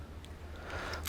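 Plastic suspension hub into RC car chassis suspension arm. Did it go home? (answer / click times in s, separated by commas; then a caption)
yes / 1.1 s. A plastic suspension hub is pressed into the suspension arm of a Tamiya Mudmad 1/24 RC truck chassis over a low steady hum, with a faint tick at about 0.3 s. A very quiet snap at 1.1 s marks the hub clicking into place and seating.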